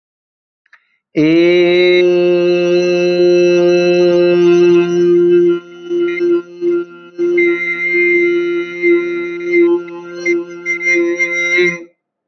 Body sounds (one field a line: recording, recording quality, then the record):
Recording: sustained vowel as in made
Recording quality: excellent, no background noise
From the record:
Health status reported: healthy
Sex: male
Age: 25 years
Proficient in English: yes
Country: India